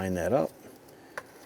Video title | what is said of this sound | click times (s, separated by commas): How to Replace Throttle Body 2002-2008 Dodge RAM | slip that on you can hear and feel it snap into place | 1.2 s